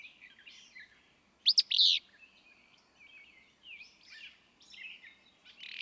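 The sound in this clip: Willow flycatcher delivers one sharp, burry two-part phrase early on, amid quieter chirps and a light hiss.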